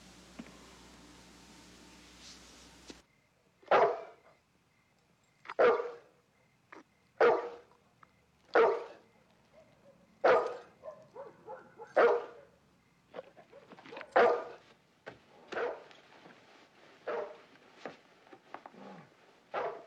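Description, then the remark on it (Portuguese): A dog named Ruth, in a dubbed film, barks repeatedly, about a dozen loud, sharp barks in an uneven rhythm, some doubled or clustered, following a few seconds of low background noise at the start. “Eu não tenho lugar lá em casa para um cachorro como o Ruth.”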